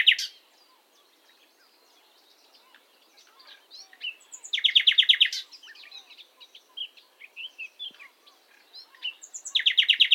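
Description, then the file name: Common nightingale song with a rapid, loud rattling trill halfway through, scattered whistled and chirped notes between, and another fast pulsed phrase starting at the end. "Luscinia megarhynchos"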